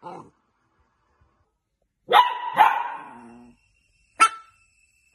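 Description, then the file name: Dog barking: a short sound, then two sharp barks with a trailing whine, then one more abrupt bark after a pause, with silence in between. Cute dog barking. "Tieng cho sua de thuong dang yeu"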